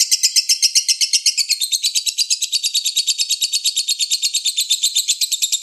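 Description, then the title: Oriental magpie-robin singing a rapid, rhythmic series of shrill chirping notes, bright and unbroken throughout, with no other sounds. "Kicau Kacer"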